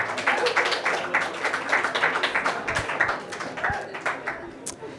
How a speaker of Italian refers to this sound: Grazie, un applauso.